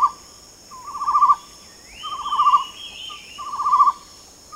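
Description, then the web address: Chestnut-necklaced partridge calling: wavering low whistled phrases about every 1.3 seconds. Another bird gives a higher rising, gliding whistle, and insects hum steadily. Recorded at Danum on 8 August 2009. "DANUM 20090808. chestnut-necklaced hill partridge"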